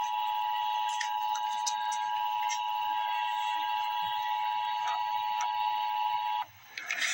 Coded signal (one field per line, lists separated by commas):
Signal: Emergency Alert System (SAME) tones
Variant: 853 and 960 Hz attention tone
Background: speech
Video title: Emergency Alert System - Winter Weather Advisory - Feb 15, 2025 at 2:26 PM EST